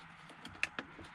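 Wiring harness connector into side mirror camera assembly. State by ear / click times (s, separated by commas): seated / 0.6 s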